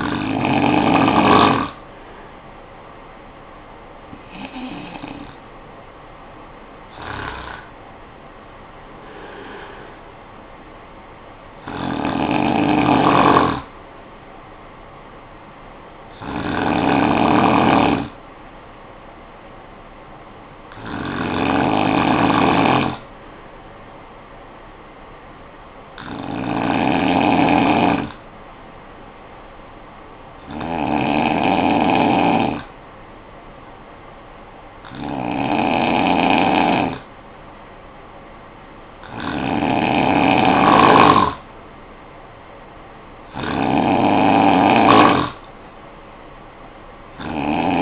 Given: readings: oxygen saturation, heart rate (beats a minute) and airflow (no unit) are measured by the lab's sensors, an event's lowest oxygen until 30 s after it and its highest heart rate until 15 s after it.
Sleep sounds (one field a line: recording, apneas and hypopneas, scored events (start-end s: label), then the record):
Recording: breathing in sleep by a voice recorder at the bedside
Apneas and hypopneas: 1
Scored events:
27.00-40.70 s: hypopnea (N2, oxygen 95% highest, then 91% lowest, heart rate 55 at the start, 58 highest)
From the record:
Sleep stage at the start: N2 (light sleep)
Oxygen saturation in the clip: 93 to 95%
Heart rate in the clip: 51 to 68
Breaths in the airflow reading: 11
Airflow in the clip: -9.3 to 6.1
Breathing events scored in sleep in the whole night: 445 in 7.6 hours asleep